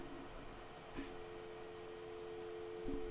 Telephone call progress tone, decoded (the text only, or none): dial tone